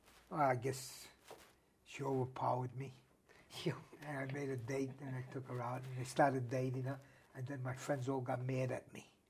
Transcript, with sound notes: I guess she overpowered me.
She overpowered you (laughs)
And I made a date and I took her out. And I started dating her. And then my friends all got mad at me.